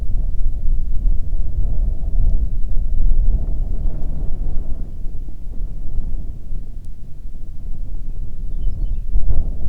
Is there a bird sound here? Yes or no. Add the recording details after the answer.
yes. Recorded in the Arctic National Wildlife Refuge, Alaska, on 1 June 2019 at 16:34. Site 37